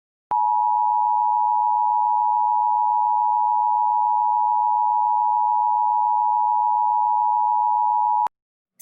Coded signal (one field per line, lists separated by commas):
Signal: Emergency Alert System (SAME) tones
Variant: 853 and 960 Hz attention tone